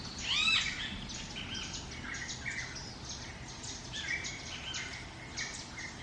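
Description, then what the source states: Parrot call opening with one loud arched, harmonic squawk, followed by continuous chirping and twittering of other birds in a lively chorus. Jungle ambience.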